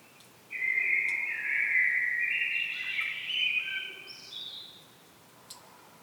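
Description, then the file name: Common blackbird singing a single long flowing phrase of low fluty notes that climbs into a thin, squeaky high flourish at the end, over light background hiss. "Turdus merula"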